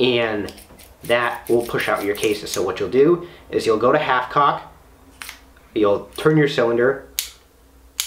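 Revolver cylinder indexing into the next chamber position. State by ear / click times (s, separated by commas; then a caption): seated / 7.2 s, 8.0 s. Someone talks while, with the hammer at half cock, the steel cylinder of a Heritage Manufacturing Rough Rider .22LR single-action revolver is turned by hand. The pawl and ratchet give two sharp clicks at 7.2 s and 8.0 s as the cylinder indexes into the next chamber.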